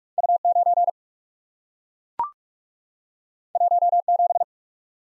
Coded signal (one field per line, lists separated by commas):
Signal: Morse code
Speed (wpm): 44 wpm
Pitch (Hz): 700 Hz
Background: none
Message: U 9 1 7